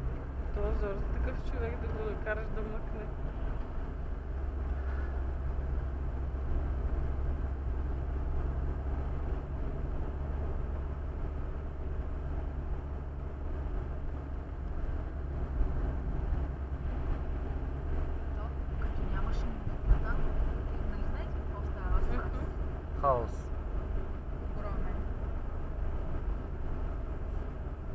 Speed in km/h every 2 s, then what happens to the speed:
47, 43, 38, 39, 40, 43, 42, 41, 41, 41, 42, 42, 43, 43.
0-4 slows to 38. 4-28 steady at about 41.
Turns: none.